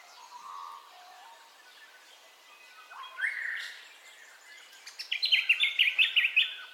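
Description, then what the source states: Bird: dawn chorus of several birds: soft whistles and a rising note, then a bright, rapid series of chirping notes near the end. Dawn ambience of bird calls, in stereo.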